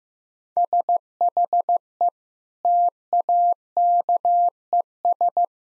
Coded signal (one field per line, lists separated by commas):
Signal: Morse code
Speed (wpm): 15 wpm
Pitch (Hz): 700 Hz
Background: none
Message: SHE TAKES